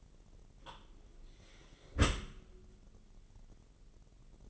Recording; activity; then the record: daily activity, microphone in the room; close dishwasher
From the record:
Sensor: 4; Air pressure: 999.0 hPa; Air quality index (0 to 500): 123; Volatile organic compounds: 2 ppm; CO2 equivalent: 1214 ppm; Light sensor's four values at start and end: 7/17/6/7 and 7/18/7/7